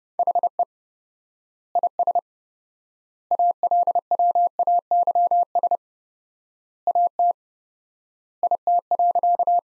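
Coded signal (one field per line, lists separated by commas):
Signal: Morse code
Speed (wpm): 30 wpm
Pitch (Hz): 700 Hz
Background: none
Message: HE IS ALWAYS AT IT.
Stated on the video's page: Morse practice sentences from the top 300 words at 30 wpm with 4x word spacing, a word-based analogue of Farnsworth spacing.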